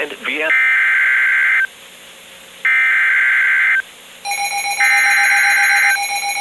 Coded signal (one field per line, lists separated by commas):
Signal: Emergency Alert System (SAME) tones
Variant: header bursts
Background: speech